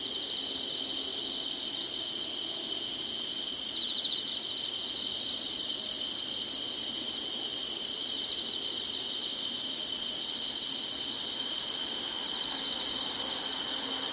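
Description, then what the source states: Insects keep up a continuous high buzzing chorus, with brief louder swells now and then over the steady drone. Singing, in summer.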